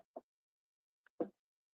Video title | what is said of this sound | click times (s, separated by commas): Let's Sew (finish) Quilted Project Bag: 8/05/2026 | And I don't think that was it cuz I didn't hear it click. | none